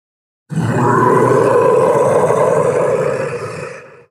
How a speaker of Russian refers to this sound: Ворота под тяжелым ударом распахнулись, и невероятный крик заспанного дракона заставил дрожать каждую травинку в округе.